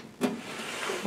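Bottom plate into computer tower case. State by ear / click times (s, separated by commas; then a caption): seated / 0.2 s. The plastic bottom plate of a restored tower computer case is pushed on as the final piece of reassembly. It clicks into place at 0.2 s with a short, sharp snap, followed by a low, steady rustle and a faint second tap near 1.1 s. The plate is seated.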